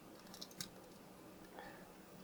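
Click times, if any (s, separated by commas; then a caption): 0.6 s. A plastic arm holder on a die-cast scale model car kit of the 007 Aston Martin DB5 is slid between two metal notches on the chassis and pushed until it clicks into place. A few small ticks lead up to one sharp click at 0.6 s, followed by a softer, longer scrape around 1.6 s, and the holder is seated.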